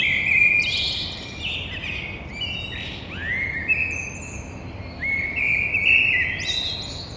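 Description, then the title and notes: Eurasian blackbird giving a near-continuous run of mellow whistled notes mixed with high scratchy twitters, a faint low hum in the background. In a courtyard between two windows, Grand Rond, Toulouse, France; Thursday 9 April at 6:30 in the morning. "Merle noir côté cour. Entre mes deux fenêtres Un merle noir toulousain, fenêtre sur cour jeudi 09 avril 6:30 Toulouse - Grand Rond"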